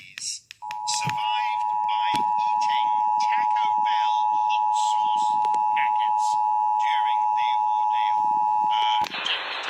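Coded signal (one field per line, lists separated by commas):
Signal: Emergency Alert System (SAME) tones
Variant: 853 and 960 Hz attention tone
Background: speech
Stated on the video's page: Sacramento required monthly test, transmitted by KMXI and KFBK.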